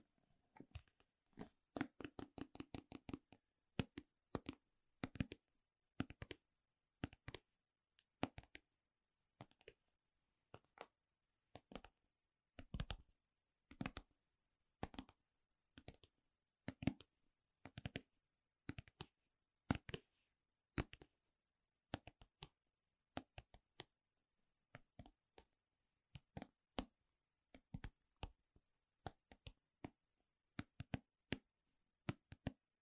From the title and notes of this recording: Gentle/Fast tapping on all things Apple. You'll hear me tapping HomePod mini, Magic Keyboards, different MacBooks, awesome product boxes and cases that make amazing sounds etc.